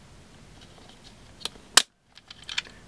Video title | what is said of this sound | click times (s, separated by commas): Honor Guard Long Slide 9mm Pistol Review | once you get it past the first piece it's a lot simpler to do and then we get it down and then it clicks | 1.8 s